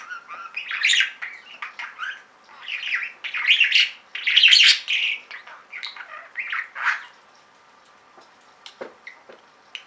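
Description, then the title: Budgerigar chatter with loud raspy bursts and squeaky warbles in uneven phrases, then a quieter stretch of scattered clicks. "Budgie Sounds"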